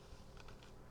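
The plastic lock/unlock latch on the back of a Batman Arkham Knight batarang replica is turned to secure its swapped faceplate, giving a short, soft click at 0.4 s followed by lighter ticks around 0.5 s and 0.6 s over quiet handling noise. The latch reaches the locked position and the faceplate is tightened in place.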